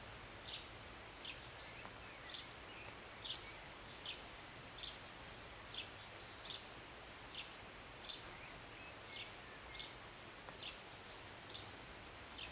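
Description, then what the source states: Bird chirps, short high notes repeated in a series, over a steady hiss of rain. Birds singing and chirping on a rainy Sunday morning, heard from a city balcony; short rain.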